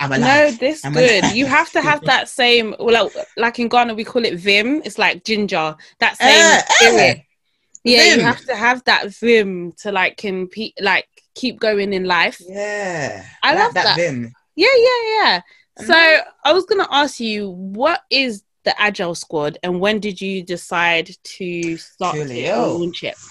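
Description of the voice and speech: Two adult women chat with fluent, lively speech and light laughter; ordinary conversational speech.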